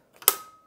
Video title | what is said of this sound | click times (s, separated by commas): QNAP TVS-882ST3 Thunderbolt 3 NAS Review | push this lever down it locks into place and then you flip the lock and if | 0.3 s